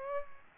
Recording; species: mosquito wingbeat signal from an infrared sensor; Aedes aegypti